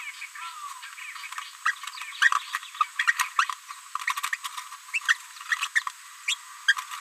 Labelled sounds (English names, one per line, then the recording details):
Green-rumped Parrotlet babbling
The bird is a female
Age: 30 days
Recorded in a nest box in Venezuela
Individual 17B73B3